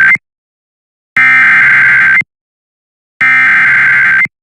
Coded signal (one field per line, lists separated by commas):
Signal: Emergency Alert System (SAME) tones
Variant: header bursts